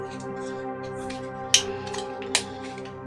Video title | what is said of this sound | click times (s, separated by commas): Starting the build of the new 2021 tooling Airfix Cromwell Mk IV 1/35 Scale Model Tank - Part 1 | okay ah that was nice that had a I don't know if you heard that that was a nice uh click | 1.5 s, 2.4 s